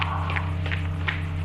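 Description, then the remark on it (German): Footsteps of a man coming in through a door that has just sprung open, about five evenly spaced steps at an unhurried pace, each a soft scuffing thud, heard over a steady low electrical hum. “Wir hörten seine hereinkommenden Schritte.”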